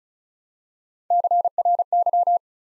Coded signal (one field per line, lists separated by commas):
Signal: Morse code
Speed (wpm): 36 wpm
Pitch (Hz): 700 Hz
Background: none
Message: CRY